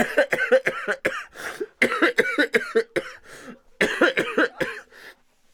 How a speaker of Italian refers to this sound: Tossisci!